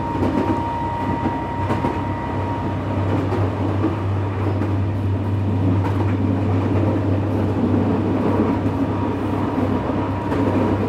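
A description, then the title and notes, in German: A train rattles along its tracks in the evening, a steady low rumble with a constant deep hum underneath. Faint clicks and knocks from the rails come irregularly, and a thin whine holds for the first few seconds before fading. No voices are heard. Abendliche Zugfahrt, ratternde Gleise.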